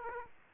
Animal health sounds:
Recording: mosquito wingbeat signal from an infrared sensor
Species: Aedes aegypti

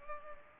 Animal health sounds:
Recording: mosquito wingbeat signal from an infrared sensor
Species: Culex pipiens

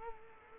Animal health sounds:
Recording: mosquito wingbeat signal from an infrared sensor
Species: Culex quinquefasciatus

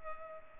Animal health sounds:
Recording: mosquito wingbeat signal from an infrared sensor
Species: Culex pipiens

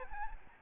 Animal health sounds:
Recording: mosquito wingbeat signal from an infrared sensor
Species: Aedes albopictus

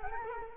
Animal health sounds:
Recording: mosquito wingbeat signal from an infrared sensor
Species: Culex quinquefasciatus

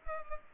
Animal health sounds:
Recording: mosquito wingbeat signal from an infrared sensor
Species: Culex pipiens

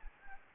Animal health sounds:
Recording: mosquito wingbeat signal from an infrared sensor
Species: Anopheles gambiae

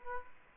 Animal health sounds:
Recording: mosquito wingbeat signal from an infrared sensor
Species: Aedes aegypti

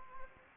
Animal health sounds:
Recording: mosquito wingbeat signal from an infrared sensor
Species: Anopheles gambiae

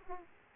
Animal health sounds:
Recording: mosquito wingbeat signal from an infrared sensor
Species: Aedes aegypti

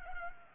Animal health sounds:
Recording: mosquito wingbeat signal from an infrared sensor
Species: Culex pipiens

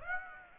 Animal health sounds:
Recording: mosquito wingbeat signal from an infrared sensor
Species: Aedes aegypti

